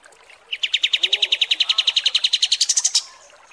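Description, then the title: Kapas tembak song: a rapid rattling trill of even notes lasting two and a half seconds, rising to a higher pitch near its end. Masteran training recording. "Masteran Kapas Tembak Mewah"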